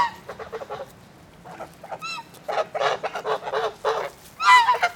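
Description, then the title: Goose: geese calling in a group, bursts of short gabbling notes building to a loud nasal honk near the end. "classe environnement: l’oie"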